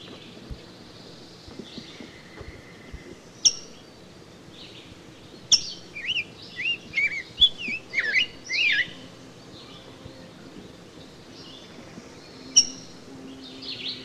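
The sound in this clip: Rose-breasted grosbeak song, a rich warbled phrase of rising and falling whistled notes lasting about four seconds, with a few sharp high chips before and after and faint background hiss.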